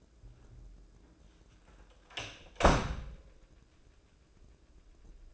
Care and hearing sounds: daily activity, microphone in the room; close door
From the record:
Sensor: 2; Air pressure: 1012.2 hPa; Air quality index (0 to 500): 163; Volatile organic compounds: 2 ppm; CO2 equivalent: 1192 ppm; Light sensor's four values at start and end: 368/918/373/390 and 367/916/372/389

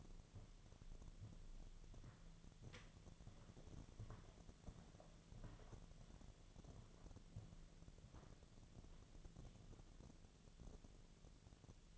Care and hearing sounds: daily activity, microphone in the room; walk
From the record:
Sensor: 4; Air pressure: 1009.1 hPa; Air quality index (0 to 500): 169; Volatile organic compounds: 4 ppm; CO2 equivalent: 1698 ppm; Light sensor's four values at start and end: 25/76/29/28 and 25/77/29/28

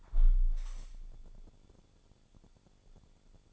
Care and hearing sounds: daily activity, microphone in the room; close window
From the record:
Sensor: 5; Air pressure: 1015.0 hPa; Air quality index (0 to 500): 94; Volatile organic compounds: 2 ppm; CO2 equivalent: 1007 ppm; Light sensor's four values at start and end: 35/80/32/31 and 35/80/32/31

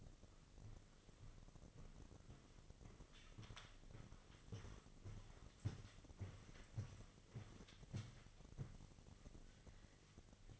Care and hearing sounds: daily activity, microphone in the room; walk to room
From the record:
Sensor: 4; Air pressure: 1000.3 hPa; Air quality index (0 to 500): 210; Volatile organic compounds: 20 ppm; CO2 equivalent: 2703 ppm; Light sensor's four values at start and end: 9/21/8/8 and 9/20/8/7

